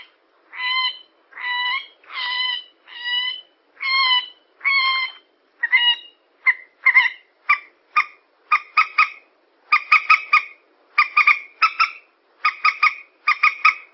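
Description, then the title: Yellow-vented bulbul calling. Slightly drawn-out, tonal, harsh notes come first, then shorter clipped notes in rapid pairs and triplets. Bird lure recording. "PIKAT TRUCUKAN"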